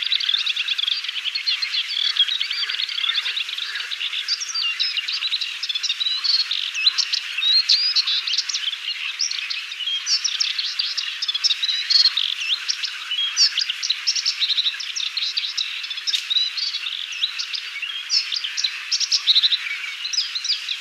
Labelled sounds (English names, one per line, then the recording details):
Moustached Warbler song
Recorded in the wild
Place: Damtschik/Wolgadelta, RU
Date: 1995-05-15
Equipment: Dat-Recorder Casio DA 7, Telinga DAT, Telinga-Parabolspiegel
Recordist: Schwarz, Dieter